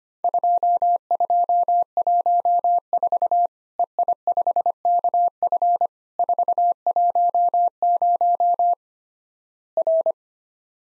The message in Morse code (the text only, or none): 2214 EI5KF 410 R